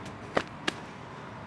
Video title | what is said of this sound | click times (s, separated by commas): DID THE BOOBY TRAP WORK? (Part 28 of Trip). | and it kind of locks | 0.4 s, 0.7 s